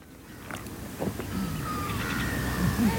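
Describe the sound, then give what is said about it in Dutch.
Gulls call out in several drawn-out, slightly wavering cries over a steady low rumble of wind, with a couple of short, sharper squawks near the end. “Daar verderop eenden, meeuwen natuurlijk altijd.”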